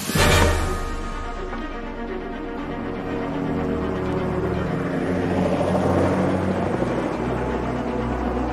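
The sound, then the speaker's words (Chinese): A propeller plane with an air force crew, flying for aerial grass-seed sowing, drones overhead in a steady, loud low rumble, a faint engine whine slowly climbing in pitch over the final seconds, with no voices. “我看到飞机了，情况怎么样？”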